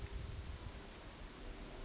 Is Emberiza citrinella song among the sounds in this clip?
no